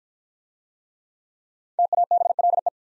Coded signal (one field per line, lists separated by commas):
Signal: Morse code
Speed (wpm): 50 wpm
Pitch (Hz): 700 Hz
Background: none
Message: TABLE